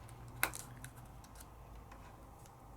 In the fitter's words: I'm just going to lay them right back on in and they're going to click into place so